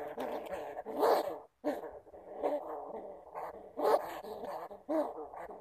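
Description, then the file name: Bamboo rat calls, rasping squeaky grunts given in uneven bursts with short pauses between them; no other clear sounds. "Tieng dui keu"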